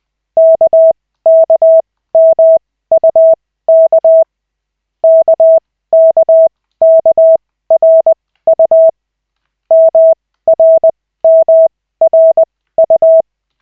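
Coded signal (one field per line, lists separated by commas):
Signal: Morse code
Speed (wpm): 20 wpm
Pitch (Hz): 650 Hz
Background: none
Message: KKMUK KKKRU MRMRU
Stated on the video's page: Koch method Morse practice session with two characters at a time, using LCWO lessons.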